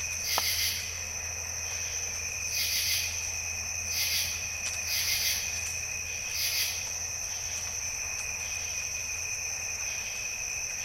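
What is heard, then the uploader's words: Morning at Jessamine Bayou brings a steady, shrill insect drone held on several high pitches throughout. Brighter rasping bursts swell up about every one to two seconds, five times in all, over a constant low hum, with one sharp click near the start. Morning at Jessamine Bayou. Jessamine Bayou is a seasonally flooded forest in the heart of America's Amazon, the Mobile-Tensaw River Delta. These recordings are taken from overnight "drop rigs" left at the edge of a tributary surrounded cypress swamp and adjacent to a field of saw palmetto.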